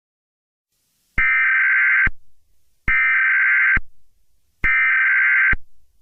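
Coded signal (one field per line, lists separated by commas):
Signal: Emergency Alert System (SAME) tones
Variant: header bursts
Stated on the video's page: Remastered fictional EAS scenario containing valid EAS tones.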